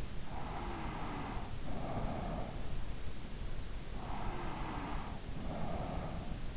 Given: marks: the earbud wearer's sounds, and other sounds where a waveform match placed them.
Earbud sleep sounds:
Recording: sounds in sleep by an in-ear microphone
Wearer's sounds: breath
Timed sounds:
0.24-2.59 s: breath
3.75-6.57 s: breath

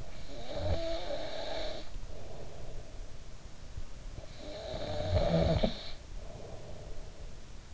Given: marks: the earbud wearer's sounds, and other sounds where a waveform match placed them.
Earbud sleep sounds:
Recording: sounds in sleep by an in-ear microphone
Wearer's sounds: snoring breath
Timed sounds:
0.00-3.26 s: snoring breath
4.09-7.34 s: snoring breath

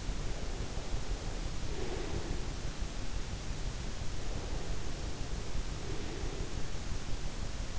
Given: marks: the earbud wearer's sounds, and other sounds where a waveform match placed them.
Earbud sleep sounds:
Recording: sounds in sleep by an in-ear microphone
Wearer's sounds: breath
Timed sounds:
1.60-2.72 s: breath
5.75-6.70 s: breath

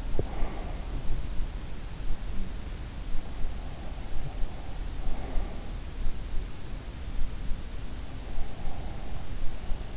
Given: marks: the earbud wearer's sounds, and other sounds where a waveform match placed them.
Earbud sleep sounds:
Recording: sounds in sleep by an in-ear microphone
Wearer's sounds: breath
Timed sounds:
0.00-0.70 s: breath

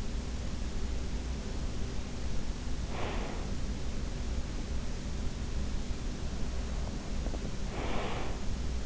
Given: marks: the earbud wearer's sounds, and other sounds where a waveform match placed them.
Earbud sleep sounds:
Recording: sounds in sleep by an in-ear microphone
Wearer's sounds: breath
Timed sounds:
2.92-3.77 s: breath
7.13-8.46 s: breath

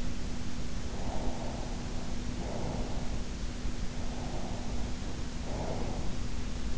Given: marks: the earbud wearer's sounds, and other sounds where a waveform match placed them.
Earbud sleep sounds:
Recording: sounds in sleep by an in-ear microphone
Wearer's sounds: breath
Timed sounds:
0.91-2.95 s: breath
4.11-6.15 s: breath

